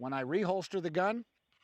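Someone talks while a pistol is about to be reholstered into a Safariland Model 6360 polymer duty holster with an automatic locking system, followed by near silence with faint low sounds near the end. The pistol has not yet locked into the holster; nothing has seated or clicked yet.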